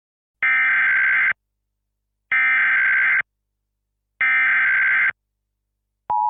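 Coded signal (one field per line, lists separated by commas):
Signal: Emergency Alert System (SAME) tones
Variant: header bursts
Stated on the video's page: Fictional EAS scenario, not a real alert.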